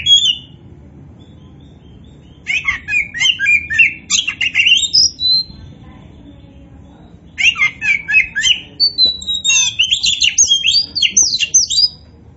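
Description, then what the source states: Oriental magpie-robin delivering two long bursts of rapid, scratchy trills and ringing whistles, separated by a short silence. Local variety called kacer poci; described as gacor, singing vigorously.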